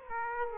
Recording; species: mosquito wingbeat signal from an infrared sensor; Aedes aegypti